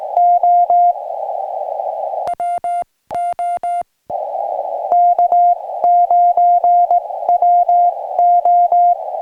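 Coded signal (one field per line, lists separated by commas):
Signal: Morse code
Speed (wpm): 19 wpm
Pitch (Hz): 700 Hz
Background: music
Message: O W O K9WO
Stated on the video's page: Summits on the Air winter activation on a snowy Arizona summit.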